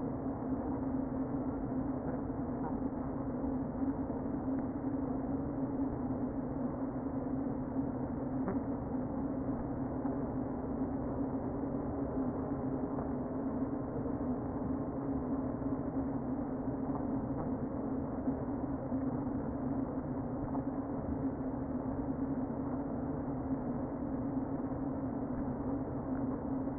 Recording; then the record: honeybee colony, microphone inside the hive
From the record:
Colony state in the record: queen present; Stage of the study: before two queens were removed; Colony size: about 60,000 bees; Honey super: yes